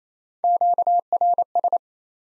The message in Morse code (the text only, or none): QRS